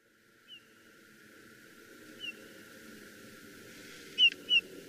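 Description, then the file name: Eurasian bullfinch giving soft, short piping whistles that dip slightly in pitch, two faint ones spaced apart, then two clearer notes close together near the end, over low rumbling background. "Pyrrhula pyrrhula"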